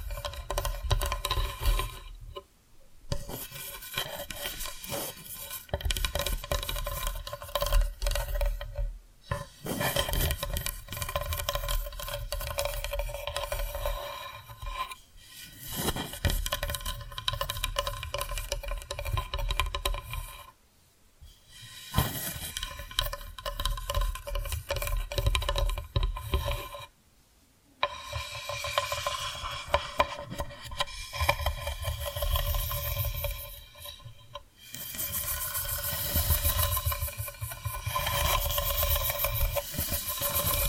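Tapping and scratching sounds play in dense, busy runs, with a fine crackly scratch layered over soft low thumps. Brief near-silent pauses break the sound around 3, 9, 15, 21, 27 and 34 seconds. The texture grows brighter and sharper in the later passages.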